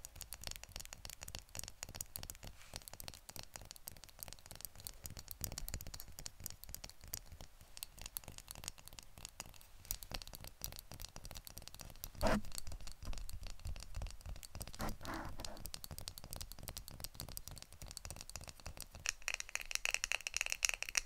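Tapping runs throughout as a dense, fast stream of small, dry clicks, fairly steady in pace and loudness. A brief sharper knock lands near twelve seconds, a short scratchy swell around fifteen, and the last couple of seconds turn brighter and busier.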